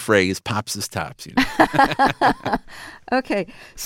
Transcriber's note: laughter